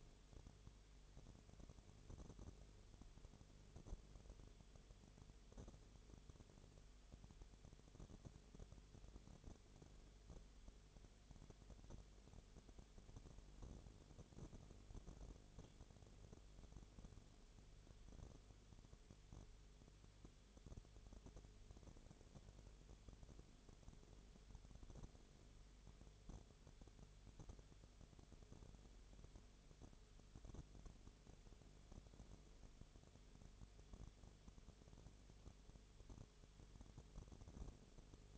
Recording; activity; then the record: daily activity, microphone in the room; no activity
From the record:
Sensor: 4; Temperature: 22.0 degrees Celsius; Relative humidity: 29.4%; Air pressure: 1002.1 hPa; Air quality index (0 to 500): 60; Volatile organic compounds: 1 ppm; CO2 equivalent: 610 ppm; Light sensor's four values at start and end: 2/3/1/1 and 2/3/1/1